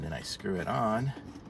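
Someone talks while the adjustable hook clip of a magnetic phone car mount is being screwed onto a car air-vent slat. The clip is handled but not yet home; it has not locked into place, and nothing has seated or clicked yet.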